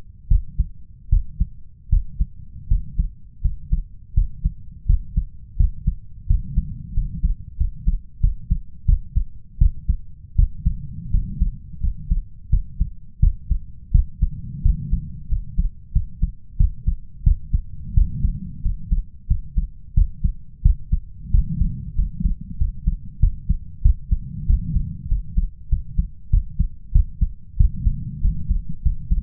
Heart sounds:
heart sounds by stethoscope; 88 bpm
0.27 s: heartbeat
1.08 s: heartbeat
1.88 s: heartbeat
2.67 s: heartbeat
3.41 s: heartbeat
4.13 s: heartbeat
4.85 s: heartbeat
5.56 s: heartbeat
6.26 s: heartbeat
6.93 s: heartbeat
7.56 s: heartbeat
8.19 s: heartbeat
8.85 s: heartbeat
9.57 s: heartbeat
10.35 s: heartbeat
11.10 s: heartbeat
11.80 s: heartbeat
12.49 s: heartbeat
13.19 s: heartbeat
13.91 s: heartbeat
14.61 s: heartbeat
15.28 s: heartbeat
15.92 s: heartbeat
16.56 s: heartbeat
17.23 s: heartbeat
17.93 s: heartbeat
18.61 s: heartbeat
19.26 s: heartbeat
19.93 s: heartbeat
20.62 s: heartbeat
21.30 s: heartbeat
21.94 s: heartbeat
22.57 s: heartbeat
23.19 s: heartbeat
23.81 s: heartbeat
24.46 s: heartbeat
25.07 s: heartbeat
25.68 s: heartbeat
26.29 s: heartbeat
26.91 s: heartbeat
27.56 s: heartbeat
28.20 s: heartbeat
28.82 s: heartbeat
From the record:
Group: healthy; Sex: male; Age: 21 years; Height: 180 cm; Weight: 67.5 kg

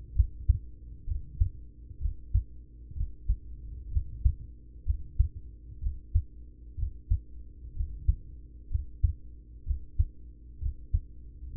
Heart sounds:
heart sounds by stethoscope; 63 bpm
0.12 s: heartbeat
1.04 s: heartbeat
1.98 s: heartbeat
2.92 s: heartbeat
3.88 s: heartbeat
4.82 s: heartbeat
5.78 s: heartbeat
6.74 s: heartbeat
7.72 s: heartbeat
8.67 s: heartbeat
9.63 s: heartbeat
10.58 s: heartbeat
11.52 s: heartbeat
From the record:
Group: heart failure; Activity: rest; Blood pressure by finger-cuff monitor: 106/60 mmHg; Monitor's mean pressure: 76 mmHg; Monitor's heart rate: 63 bpm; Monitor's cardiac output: 5.7 L/min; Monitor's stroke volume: 92 mL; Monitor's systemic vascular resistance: 960 dyn s/cm5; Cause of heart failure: ischemic heart disease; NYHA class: 1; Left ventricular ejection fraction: 33%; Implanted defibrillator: present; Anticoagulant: apixaban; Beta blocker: carvedilol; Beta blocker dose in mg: 18.75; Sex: male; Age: 39 years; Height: 168 cm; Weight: 72 kg

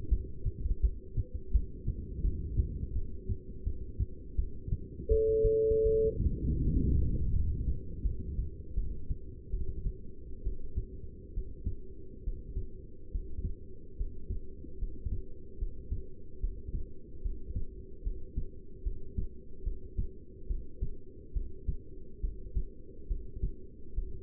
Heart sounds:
heart sounds by stethoscope; 75 bpm
0.10 s: heartbeat
0.82 s: heartbeat
1.52 s: heartbeat
2.22 s: heartbeat
2.94 s: heartbeat
3.65 s: heartbeat
4.37 s: heartbeat
5.09 s: heartbeat
5.84 s: heartbeat
6.59 s: heartbeat
7.32 s: heartbeat
8.04 s: heartbeat
8.76 s: heartbeat
9.52 s: heartbeat
10.44 s: heartbeat
11.35 s: heartbeat
12.24 s: heartbeat
13.12 s: heartbeat
13.98 s: heartbeat
14.79 s: heartbeat
15.59 s: heartbeat
16.41 s: heartbeat
17.23 s: heartbeat
18.04 s: heartbeat
18.84 s: heartbeat
19.64 s: heartbeat
20.48 s: heartbeat
21.34 s: heartbeat
22.21 s: heartbeat
23.08 s: heartbeat
23.95 s: heartbeat
From the record:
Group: heart failure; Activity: rest 0-4 s, Valsalva maneuver 4-24 s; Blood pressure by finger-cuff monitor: 161/102 mmHg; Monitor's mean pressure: 121 mmHg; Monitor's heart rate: 73 bpm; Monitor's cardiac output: 7.3 L/min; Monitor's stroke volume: 102 mL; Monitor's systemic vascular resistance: 1170 dyn s/cm5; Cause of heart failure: non-ischemic cardiomyopathy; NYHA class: 1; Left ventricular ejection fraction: 62%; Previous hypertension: present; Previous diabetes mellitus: present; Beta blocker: bisoprolol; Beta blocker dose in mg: 10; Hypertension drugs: sacubitril-valsartan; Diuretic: furosemide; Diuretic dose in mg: 20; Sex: male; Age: 49 years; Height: 167 cm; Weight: 110 kg

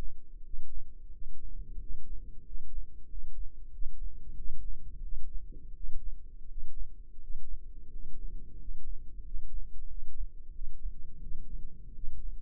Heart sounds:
heart sounds by microphone in the left ear; 89 bpm
0.41 s: heartbeat
1.10 s: heartbeat
1.77 s: heartbeat
2.43 s: heartbeat
3.07 s: heartbeat
3.70 s: heartbeat
4.34 s: heartbeat
5.01 s: heartbeat
5.73 s: heartbeat
6.46 s: heartbeat
7.18 s: heartbeat
7.89 s: heartbeat
8.56 s: heartbeat
9.22 s: heartbeat
9.87 s: heartbeat
10.52 s: heartbeat
11.19 s: heartbeat
11.92 s: heartbeat
From the record:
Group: healthy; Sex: male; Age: 33 years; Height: 179 cm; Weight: 80.4 kg

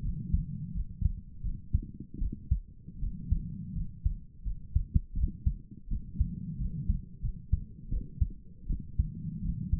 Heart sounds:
heart sounds by stethoscope; 83 bpm
0.02 s: heartbeat
0.74 s: heartbeat
1.43 s: heartbeat
2.19 s: heartbeat
3.00 s: heartbeat
3.75 s: heartbeat
4.44 s: heartbeat
5.15 s: heartbeat
5.89 s: heartbeat
6.59 s: heartbeat
7.22 s: heartbeat
7.90 s: heartbeat
8.68 s: heartbeat
9.42 s: heartbeat
From the record:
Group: healthy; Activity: rest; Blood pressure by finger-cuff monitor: 130/64 mmHg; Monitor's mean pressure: 84 mmHg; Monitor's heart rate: 84 bpm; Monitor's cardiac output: 8.1 L/min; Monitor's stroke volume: 100 mL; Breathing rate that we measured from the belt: 20 breaths a minute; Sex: female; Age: 22 years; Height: 160 cm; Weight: 63 kg

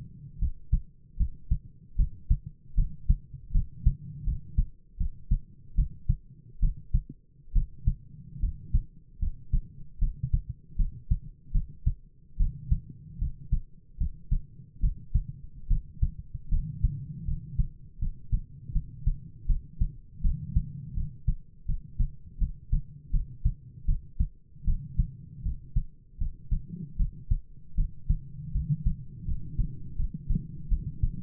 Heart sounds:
heart sounds by stethoscope; 77 bpm
0.39 s: heartbeat
1.17 s: heartbeat
1.96 s: heartbeat
2.75 s: heartbeat
3.52 s: heartbeat
4.24 s: heartbeat
4.97 s: heartbeat
5.75 s: heartbeat
6.60 s: heartbeat
7.53 s: heartbeat
8.40 s: heartbeat
9.19 s: heartbeat
9.99 s: heartbeat
10.76 s: heartbeat
11.52 s: heartbeat
12.37 s: heartbeat
13.18 s: heartbeat
13.97 s: heartbeat
14.80 s: heartbeat
15.68 s: heartbeat
16.49 s: heartbeat
17.25 s: heartbeat
17.99 s: heartbeat
18.72 s: heartbeat
19.46 s: heartbeat
20.22 s: heartbeat
20.94 s: heartbeat
21.66 s: heartbeat
22.38 s: heartbeat
23.11 s: heartbeat
23.86 s: heartbeat
24.65 s: heartbeat
25.43 s: heartbeat
26.18 s: heartbeat
26.97 s: heartbeat
27.75 s: heartbeat
28.52 s: heartbeat
29.25 s: heartbeat
29.96 s: heartbeat
30.69 s: heartbeat
From the record:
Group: healthy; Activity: rest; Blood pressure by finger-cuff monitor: 113/76 mmHg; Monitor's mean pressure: 88 mmHg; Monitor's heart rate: 77 bpm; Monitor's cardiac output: 8.2 L/min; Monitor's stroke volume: 106 mL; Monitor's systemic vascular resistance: 800 dyn s/cm5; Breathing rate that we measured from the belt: 15 breaths a minute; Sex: male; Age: 22 years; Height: 185 cm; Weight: 112.4 kg

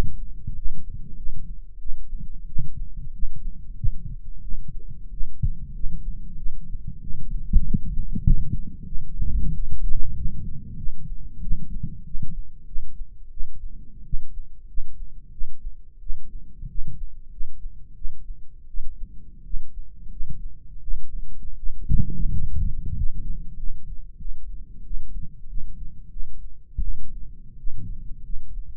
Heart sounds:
heart sounds by microphone in the right ear; 91 bpm
0.53 s: heartbeat
1.14 s: heartbeat
1.77 s: heartbeat
2.44 s: heartbeat
3.10 s: heartbeat
3.74 s: heartbeat
4.39 s: heartbeat
5.08 s: heartbeat
5.71 s: heartbeat
6.34 s: heartbeat
6.98 s: heartbeat
7.61 s: heartbeat
8.21 s: heartbeat
8.83 s: heartbeat
9.51 s: heartbeat
10.12 s: heartbeat
10.74 s: heartbeat
11.38 s: heartbeat
12.02 s: heartbeat
12.63 s: heartbeat
13.28 s: heartbeat
14.02 s: heartbeat
14.65 s: heartbeat
15.29 s: heartbeat
15.97 s: heartbeat
16.66 s: heartbeat
17.28 s: heartbeat
17.92 s: heartbeat
18.65 s: heartbeat
19.41 s: heartbeat
20.07 s: heartbeat
20.78 s: heartbeat
21.53 s: heartbeat
22.27 s: heartbeat
22.91 s: heartbeat
23.53 s: heartbeat
24.15 s: heartbeat
24.81 s: heartbeat
25.44 s: heartbeat
26.07 s: heartbeat
26.78 s: heartbeat
27.54 s: heartbeat
28.20 s: heartbeat
From the record:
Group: healthy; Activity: rest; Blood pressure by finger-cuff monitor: 108/72 mmHg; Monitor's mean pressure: 82 mmHg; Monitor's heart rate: 94 bpm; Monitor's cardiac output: 7 L/min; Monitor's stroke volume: 76 mL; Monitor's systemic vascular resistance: 850 dyn s/cm5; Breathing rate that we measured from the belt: 25 breaths a minute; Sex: male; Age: 20 years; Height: 187 cm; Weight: 68.9 kg

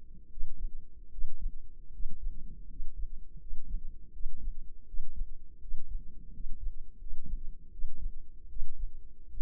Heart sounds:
heart sounds by microphone in the left ear; 80 bpm
0.27 s: heartbeat
1.08 s: heartbeat
1.89 s: heartbeat
2.66 s: heartbeat
3.37 s: heartbeat
4.10 s: heartbeat
4.83 s: heartbeat
5.58 s: heartbeat
6.30 s: heartbeat
6.96 s: heartbeat
7.69 s: heartbeat
8.46 s: heartbeat
9.27 s: heartbeat
From the record:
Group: healthy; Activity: rest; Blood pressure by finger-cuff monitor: 107/66 mmHg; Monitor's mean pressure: 76 mmHg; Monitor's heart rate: 82 bpm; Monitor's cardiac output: 5.7 L/min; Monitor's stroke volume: 69 mL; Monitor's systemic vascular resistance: 940 dyn s/cm5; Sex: male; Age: 20 years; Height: 167 cm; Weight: 61 kg

